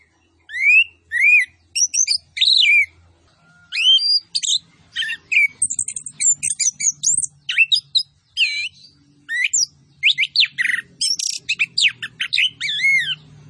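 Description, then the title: Orange-headed thrush song, a long continuous stream of varied whistled and chattering phrases, swooping notes mixed with high sharp chips, faint low hum beneath. Vigorous (gacor) singing with full fill-in phrases and 'tembakan cililin' style shots. "Anis Kembang Gacor. MASTERAN ANIS KEMBANG ISIAN FULL DENGAN TEMBAKAN CILILIN"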